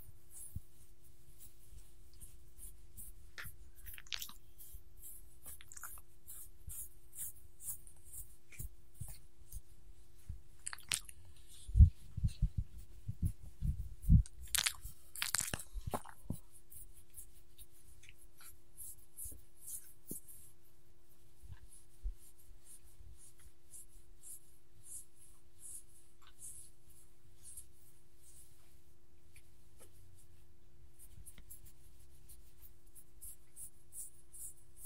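A dog being petted up close indoors, with soft scratching and rustling through most of the clip. A burst of louder crunching and licking comes between about 12 and 16 seconds. A faint steady hum sits underneath throughout.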